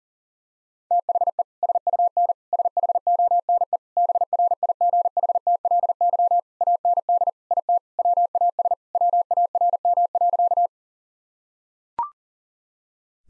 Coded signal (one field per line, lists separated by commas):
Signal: Morse code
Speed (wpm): 40 wpm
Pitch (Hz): 700 Hz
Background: none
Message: THE SUN SHONE BRIGHTLY AND IT WAS WARM.